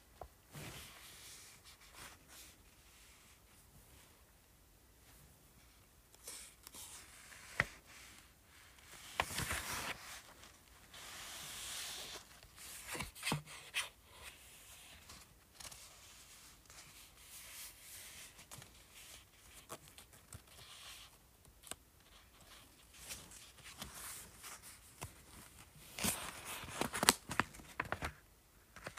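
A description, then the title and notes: Fingers tap and scratch across a paperback book in irregular bursts, with quiet stretches between. Sharp clicks and brief rustling scrapes grow busier after about six seconds, with louder clusters near 9, 13 and 26 seconds. ASMR Tapping and Scratching Paperback Book.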